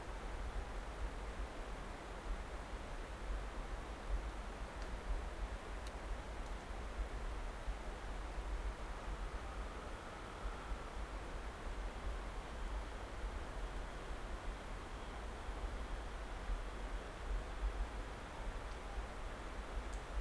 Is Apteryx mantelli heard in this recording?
no